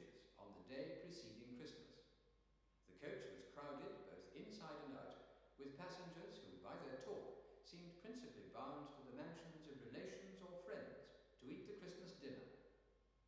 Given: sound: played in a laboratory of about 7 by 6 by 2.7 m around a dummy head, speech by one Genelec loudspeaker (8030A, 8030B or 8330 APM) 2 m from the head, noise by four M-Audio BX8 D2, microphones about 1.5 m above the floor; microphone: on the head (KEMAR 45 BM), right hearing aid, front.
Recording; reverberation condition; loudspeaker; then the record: male speech in English; high; 150 degrees to the right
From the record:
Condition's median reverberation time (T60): about 1300 ms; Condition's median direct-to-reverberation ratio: about -4.0 dB